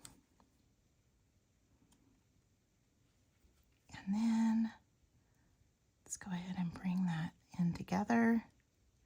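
A jewelry end cap or clasp is handled as it is brought together with the cord of a knitted leather earring, with faint small ticks near 0.1 and 0.4 s and someone talking softly in between. Nothing has clicked or seated yet by the end of the clip.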